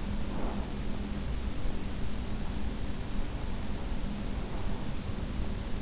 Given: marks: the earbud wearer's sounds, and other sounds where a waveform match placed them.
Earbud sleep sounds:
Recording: sounds in sleep by an in-ear microphone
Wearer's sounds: breath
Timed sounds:
0.08-1.06 s: breath

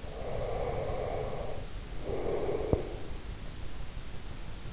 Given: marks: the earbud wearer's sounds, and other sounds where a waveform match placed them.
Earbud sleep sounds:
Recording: sounds in sleep by an in-ear microphone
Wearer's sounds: breath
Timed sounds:
0.01-3.21 s: breath

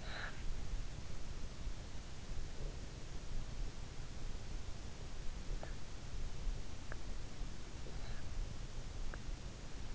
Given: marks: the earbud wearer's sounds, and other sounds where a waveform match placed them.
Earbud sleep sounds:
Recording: sounds in sleep by an in-ear microphone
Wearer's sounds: snoring breath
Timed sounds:
0.00-0.38 s: snoring breath

